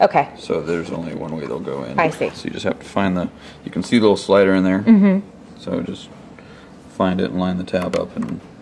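Someone talks while lining up the tab of a replacement display panel with the little slider on a Baratza Vario coffee grinder's plastic housing, getting ready to push it in during a display upgrade. Only speech and a couple of faint, brief handling sounds are heard; nothing has seated or clicked yet.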